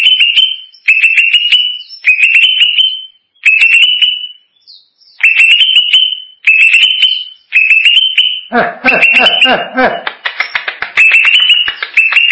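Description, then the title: Greater green leafbird song: loud repeated phrases of sharp clicky notes over a high warbling band, then a burst of harsh, overlapping chattering and whistles. "Cucak ijo"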